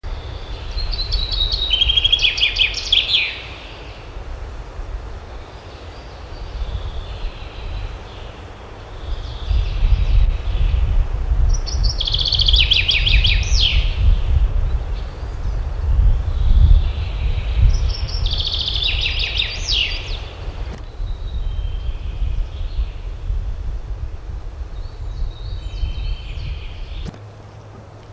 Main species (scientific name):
Fringilla coelebs